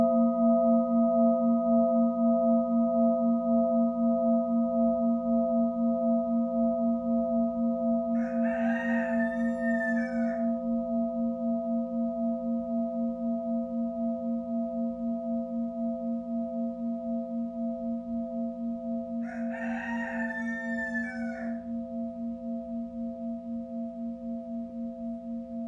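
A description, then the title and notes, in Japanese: A singing bowl hums with a steady, slowly fading pulsing tone throughout, while a rooster crows twice, around eight and twenty seconds. シンギングボウルの音。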